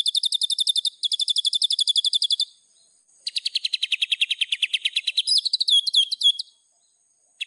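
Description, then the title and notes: White-rumped shama song: rapid high pulsed trills in two bursts, a short gap, then a lower fast trill sliding into varied chirping notes. Lure call used for trapping. "Pikat Murai Batu. Burung Murai Batu"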